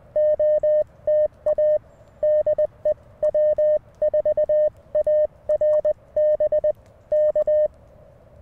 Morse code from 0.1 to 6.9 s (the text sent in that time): OTA DEW4ARB